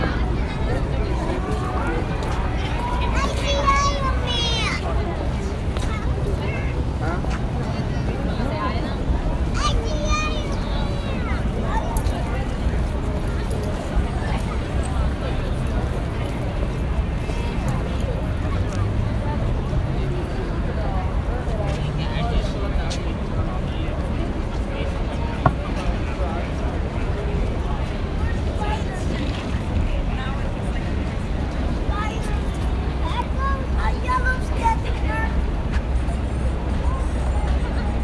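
New York City street noise with a steady low rumble of traffic or trains under constant chatter from many voices. The loudness stays even throughout, with occasional clinks and a brief sharp knock around twenty-five seconds.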